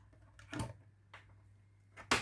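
The small front locking lever on a craft cutting machine is pressed down several times, because it usually does not clip shut on the first try. A few lighter knocks come around 0.4–0.7 s and 1.2 s, then a loud, sharp hit at 2.1 s as the lever clips in and seats.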